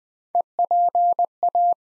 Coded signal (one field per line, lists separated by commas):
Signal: Morse code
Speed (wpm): 20 wpm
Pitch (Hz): 700 Hz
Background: none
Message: EPA